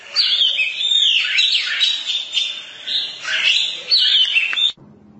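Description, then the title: Oriental magpie-robin song, a dense, continuous run of varied whistles, trills and harsh notes packed together for nearly five seconds, then stopping abruptly into quiet hum. Long-duration song. "Kacer"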